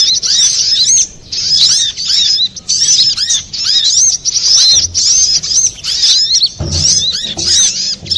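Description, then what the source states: Little spiderhunter song, a dense run of sharp, high twittering chirps and rapid down-slurred notes in bursts, broken by brief pauses, with a soft low thump near the end. Masteran, used for training cage birds.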